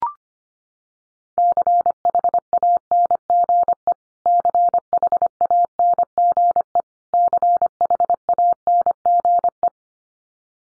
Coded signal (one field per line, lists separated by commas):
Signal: Morse code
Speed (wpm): 25 wpm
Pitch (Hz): 700 Hz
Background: none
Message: CHANGE CHANGE CHANGE